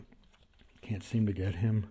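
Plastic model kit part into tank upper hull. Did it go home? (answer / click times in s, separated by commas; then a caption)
no / none. A plastic part from a scale IS-2 tank model kit is pressed into the upper hull. A few faint taps come early, around 0.1 s, 0.2 s and 0.6 s, and then someone talks from about 0.9 s. The part has not clicked or seated and fails to stay locked.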